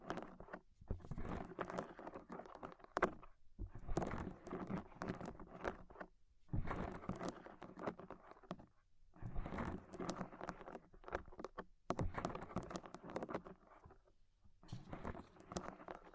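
Ear cleaning with rhinestone and clay removal: dense, crackly scratching and sticky rustling fill the clip in long bursts. Short silent gaps break it up every two to three seconds, with a longer pause near fourteen seconds before the crinkling resumes.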